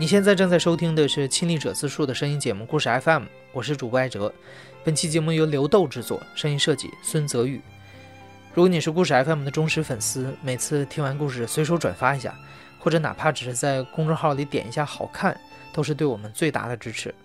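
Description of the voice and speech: A man speaks Mandarin fluently and smoothly at a steady, moderate pace, with clear voicing and a few short pauses at phrase breaks. There are no repeats, blocks or stretched sounds. Soft instrumental music plays underneath.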